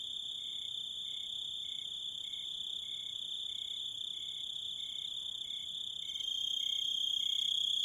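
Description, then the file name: Grasshopper chirping: a steady high-pitched ringing drone with short pulses repeating regularly; the drone grows louder near the end. "zvuki kuznechika"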